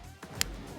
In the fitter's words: There we go. Did you hear that snap?